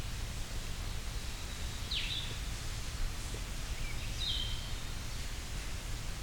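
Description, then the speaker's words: Blue-headed Vireo song: two short, sweet slurred phrases, one sweeping down sharply, over a steady low rushing background. Singing at Hector Falls, a small waterfall in Tionesta Scenic Area, Allegheny National Forest; song sweeter, squeakier than Red-eyed Vireo's, likened to saying "vireo" in a sweeter voice. "Still almost sounds like saying Vireo, just with a much sweeter voice."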